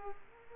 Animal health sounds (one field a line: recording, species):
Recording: mosquito wingbeat signal from an infrared sensor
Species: Culex quinquefasciatus